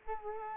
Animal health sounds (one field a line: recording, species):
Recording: mosquito wingbeat signal from an infrared sensor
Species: Culex quinquefasciatus